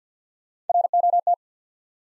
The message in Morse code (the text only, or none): ROT